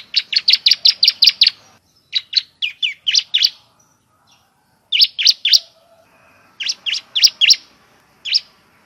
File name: suara burung ciblek semi